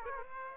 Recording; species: mosquito wingbeat signal from an infrared sensor; Aedes aegypti